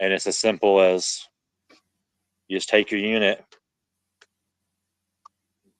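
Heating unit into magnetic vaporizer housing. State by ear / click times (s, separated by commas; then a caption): seated / 4.2 s, 5.3 s. A man talks while fitting the heating unit of a beekeeping vaporizer into its housing, where magnets hold it in. After the talking stops, two sharp, short clicks sound at 4.2 s and 5.3 s as the unit snaps into the holder and seats.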